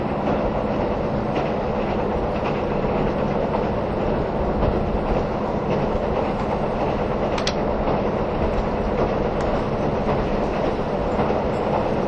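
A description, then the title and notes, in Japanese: A KiHa 183 series diesel train runs with a steady, dense rumble and low engine drone, faint rhythmic clatter, and a brief sharp click near eight seconds. キハ183系 あそぼーい103号01 熊本～宮地。流浪の車両であるJR九州キハ183系、ようやく安住の列車となる”あそぼーい！103号”を収録したものです。走行音。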